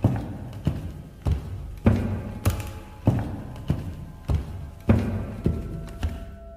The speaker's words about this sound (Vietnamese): Cùng lúc đó, Lan Anh nghe thấy, xen lẫn vào đó là một tiếng bước chân khác lại đang tiến lại gần trước cửa căn phòng của Lan. Lan sững sờ. Đúng vậy, là tiếng bước chân đang đi tới.